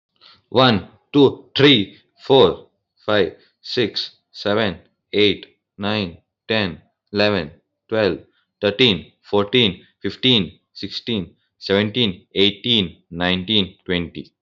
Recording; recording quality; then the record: counting at a normal pace; excellent, no background noise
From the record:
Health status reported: healthy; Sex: male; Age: 19 years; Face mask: not worn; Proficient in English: yes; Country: India